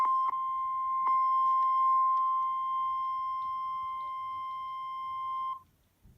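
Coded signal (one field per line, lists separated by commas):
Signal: Emergency Alert System (SAME) tones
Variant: 1050 Hz attention tone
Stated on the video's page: Fictional EAS scenario.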